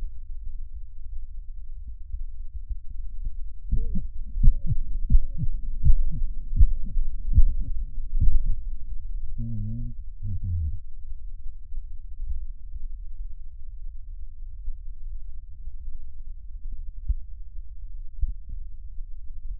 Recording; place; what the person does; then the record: lung sounds by stethoscope; right posterior basal chest; quiet breathing, then cough and speech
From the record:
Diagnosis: interstitial lung disease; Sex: male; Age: 65 years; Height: 161 cm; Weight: 74.6 kg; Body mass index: 28.8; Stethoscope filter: bell mode